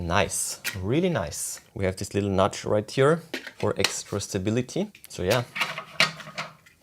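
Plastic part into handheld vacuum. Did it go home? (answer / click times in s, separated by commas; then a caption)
yes / 6.0 s. A plastic part is fitted onto a Brigii MX30 handheld vacuum while someone talks, and it snaps into place with a sharp mechanical click at 6.0 s. The part is seated.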